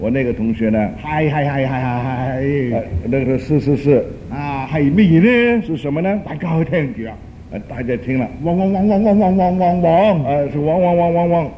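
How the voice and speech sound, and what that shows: A man speaking Cantonese repeats the syllable "wang" about nine times in a rapid, even run, then five more times after a brief word. This is an acted imitation of a man who stuttered and could take a long time to get a word out, with repeated syllables likened to a dog barking.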